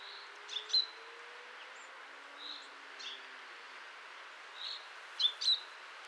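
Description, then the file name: Common chaffinch calling with brief bright double notes near the start and end, softer single notes between them, over steady background hiss. "Fringilla coelebs"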